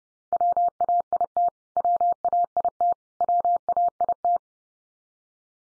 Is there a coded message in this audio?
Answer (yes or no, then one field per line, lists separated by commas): yes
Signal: Morse code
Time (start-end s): 0.3-4.4 s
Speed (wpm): 30 wpm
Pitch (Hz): 700 Hz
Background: none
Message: WAIT WAIT WAIT